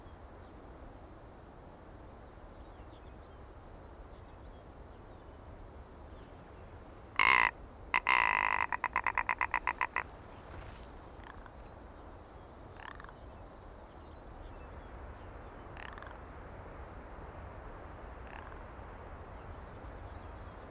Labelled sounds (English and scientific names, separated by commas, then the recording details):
Arctic Fox (Vulpes lagopus)
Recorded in the wild
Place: Insel Mednyi, Kommandeur-Inseln, RU
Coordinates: 54.5167, 168.083
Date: 1999-07-08
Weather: klare Sicht, 5°C, fast windstill im Tal
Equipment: Sony WM-D6C, Sennheiser MKH 70, Windkorb, Kopie Tascam DA 30
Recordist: Frommolt, Karl-Heinz